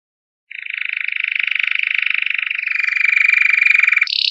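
Canary song: a fast, buzzy pulsed trill held steady for about three and a half seconds, then an abrupt jump to a higher rapid trill.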